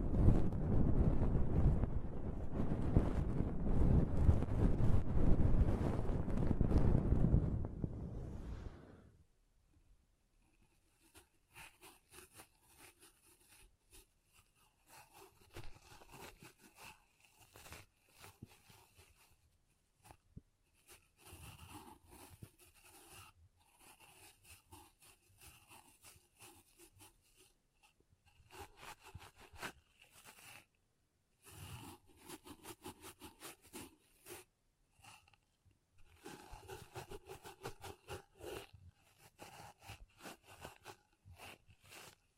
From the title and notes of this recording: ASMR Ultimate Pom Pom Tingles (No Talking).